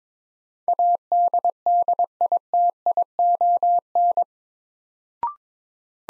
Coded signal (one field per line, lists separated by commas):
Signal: Morse code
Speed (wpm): 22 wpm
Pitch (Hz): 700 Hz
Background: none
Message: ADDITION